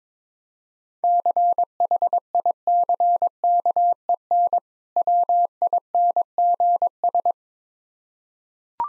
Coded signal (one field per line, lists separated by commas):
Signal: Morse code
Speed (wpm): 22 wpm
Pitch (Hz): 700 Hz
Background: none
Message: CHICKEN WINGS